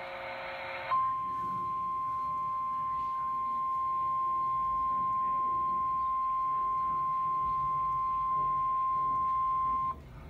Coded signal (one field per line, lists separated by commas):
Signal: Emergency Alert System (SAME) tones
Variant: 1050 Hz attention tone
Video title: SVR #3 on KHQ-DT (EAS #1070)